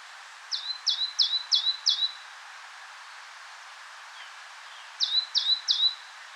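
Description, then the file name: Great tit giving a quick string of five sharp two-part notes, each dropping in pitch, then a pause, then a further run of three similar notes, over soft background noise. "Parus major"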